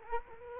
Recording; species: mosquito wingbeat signal from an infrared sensor; Culex quinquefasciatus